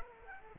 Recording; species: mosquito wingbeat signal from an infrared sensor; Aedes aegypti